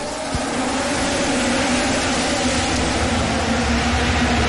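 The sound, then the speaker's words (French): Formula One car engines roar together at a race start, a loud, dense, unbroken wall of engine noise that holds steady throughout, with a brief knock early on and no talking. “Et nous allons laisser, comme chaque week-end, la parole au moteur.”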